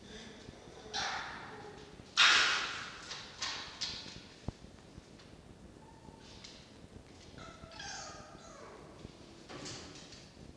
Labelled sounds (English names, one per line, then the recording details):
Red Fox
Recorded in captivity
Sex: pair
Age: adult
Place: Zoologisches Institut der HUB, Berlin, DE
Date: 1952-09-18 19:20
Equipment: Elmetra
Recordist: Tembrock, Günter
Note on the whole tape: Fiffi: Stoßkeckern, nk, Keifen (gegen Mucki); Jupp: Muffen (mit Fleisch)